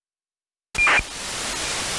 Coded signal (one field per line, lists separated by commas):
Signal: ACARS aircraft data